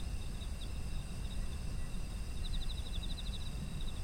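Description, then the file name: Insects chirping: a steady high-pitched ringing drone, with short pulsed trills that swell around the middle and continue to the end, over a constant low rumble. Autumn insect ambience. "秋の虫の環境音"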